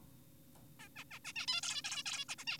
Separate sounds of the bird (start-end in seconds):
0.80-0.89, 0.96-1.04, 1.11-1.19, 1.25-1.33, 1.36-1.46, 1.48-1.61, 1.63-1.82, 1.84-2.03, 2.06-2.25, 2.29-2.36, 2.38-2.45, 2.47-2.58